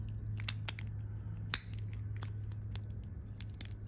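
A negative cable's metal contact is pushed into the plastic housing of an Anderson connector so it catches under the lip. A sharp, bright click at 1.5 s marks the contact locking into place. Fainter ticks are heard before and after over a steady low hum.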